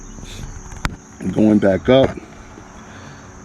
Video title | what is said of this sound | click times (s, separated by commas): FISHING KAYAK SETUP - Customization walk through | it locks down underneath there you pull it and it locks into place | 0.9 s